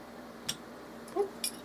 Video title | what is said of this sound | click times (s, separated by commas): Upgrading a Glock 19 striker spring and plunger spring | Until it's started. Bam, locks into place. | 0.5 s